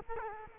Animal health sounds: mosquito wingbeat signal from an infrared sensor; Culex quinquefasciatus

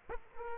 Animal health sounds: mosquito wingbeat signal from an infrared sensor; Aedes aegypti

